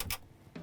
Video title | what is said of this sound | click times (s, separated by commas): Luxury RV Tour - 2023 Grech RV Turismo-ion - Class B Van | then it locks into place | 0.0 s, 0.1 s